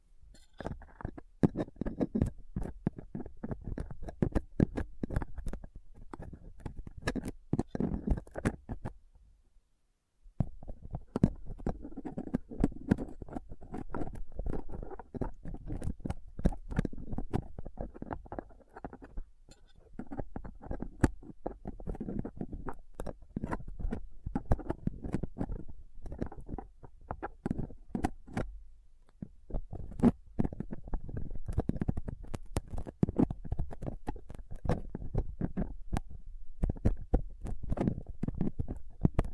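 A dental pick, tweezers and a cotton swab scrape and pick at a microphone, making dense, rapid clicks and scratchy rubbing throughout. The activity is continuous and fairly low in tone, with brief near-silent pauses around ten seconds and again near twenty-nine seconds.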